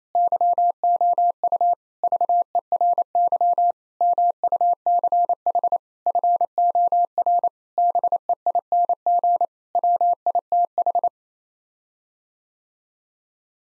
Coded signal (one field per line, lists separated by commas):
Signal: Morse code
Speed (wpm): 28 wpm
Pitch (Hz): 700 Hz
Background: none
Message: YOU VERY MUCH FOR BEING WITH